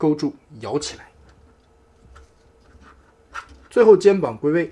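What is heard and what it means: Someone talks while handling the shoulder part of a Transformers SND Optimus Prime robot toy, working it back into position on the torso, where a locking catch holds it. Between the talk there are only faint, quiet handling sounds over a low steady hum. Nothing has seated or clicked yet; the shoulder is not yet home when the clip ends.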